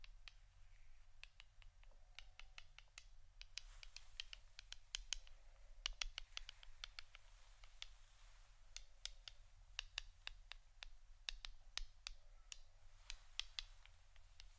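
Pure tapping: sharp, crisp clicks land in quick irregular runs throughout, sometimes sparse, sometimes bunched into rapid flurries. The taps are bright and dry, with brief pauses between bursts. A low, steady hum sits underneath the whole time.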